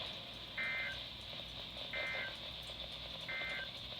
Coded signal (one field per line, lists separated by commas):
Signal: Emergency Alert System (SAME) tones